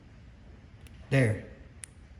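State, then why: Seated. A crimped terminal is pushed into an automotive connector housing and seats with a click. Someone talks briefly, then a sharp, short click is heard at 1.8 s as the terminal locks into place.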